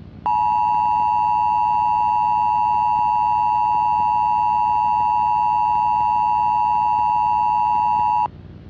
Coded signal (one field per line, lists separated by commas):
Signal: Emergency Alert System (SAME) tones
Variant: 853 and 960 Hz attention tone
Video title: IXL’s reawakening | a EAS scenario